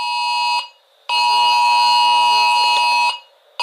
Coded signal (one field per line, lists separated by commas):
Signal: Emergency Alert System (SAME) tones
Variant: 853 and 960 Hz attention tone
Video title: EAS_KATALINA_EVACUATION_20241227_2359.cap